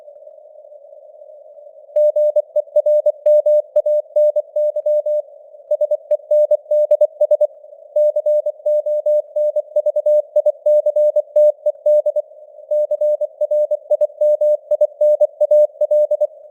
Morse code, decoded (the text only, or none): GERMANY SENDS CONVICTED CRIMINAL